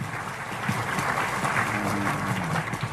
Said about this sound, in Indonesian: Tepuk tangan untuk